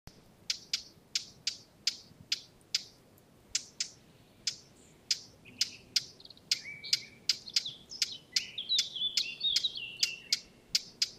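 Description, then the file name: Eurasian blackcap repeating hard clicking tack notes at a steady pace, joined midway by a quiet, jumbled warble that runs between the clicks until near the end. "Sylvia atricapilla"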